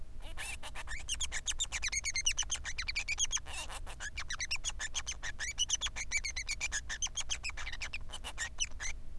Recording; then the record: song of a male Bengalese finch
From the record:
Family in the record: son of father 3